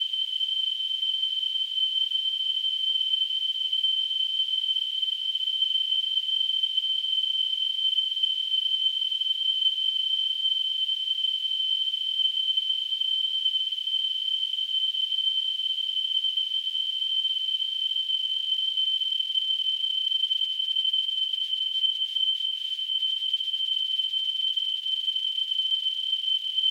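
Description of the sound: A steady, continuous high-pitched tone near 3 kHz, unchanging throughout, with a faint hiss around it. It is a simulation of tonal tinnitus.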